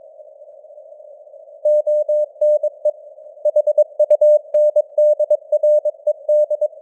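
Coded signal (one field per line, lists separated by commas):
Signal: Morse code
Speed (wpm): 22 wpm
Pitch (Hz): 600 Hz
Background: none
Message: ONE HUNDRED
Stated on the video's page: News headlines sent in Morse at 22 wpm with simulated radio noise and varying signal strength (QSB).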